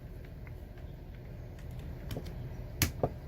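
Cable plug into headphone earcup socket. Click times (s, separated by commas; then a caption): 2.8 s. A cable plug is pushed into the socket of a Beyerdynamic DT-series headphone earcup, which has been dremeled. Soft handling ticks sit over a faint low background hum, then a sharp click at 2.8 s marks the plug seating firmly, followed by a smaller tap at about 3.0 s.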